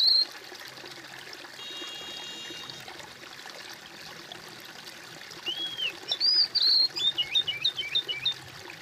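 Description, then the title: Bird: a brief whistle, several seconds of soft hiss, then an arched whistle and a quick string of high, twittering notes. "kOMPILASI suara bird"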